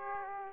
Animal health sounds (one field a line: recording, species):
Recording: mosquito wingbeat signal from an infrared sensor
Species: Aedes aegypti